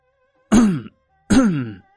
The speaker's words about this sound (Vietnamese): Từ phía sau vang lên hai tiếng ho giả.